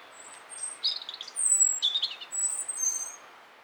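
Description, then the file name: European robin singing a varied run of thin high whistles and lower liquid trills, phrases tumbling one after another. "Erithacus rubecula"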